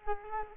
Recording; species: mosquito wingbeat signal from an infrared sensor; Culex quinquefasciatus